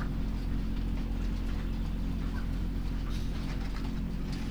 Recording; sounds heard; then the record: poultry house recording; sick chickens (respiratory disease)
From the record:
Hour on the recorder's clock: 2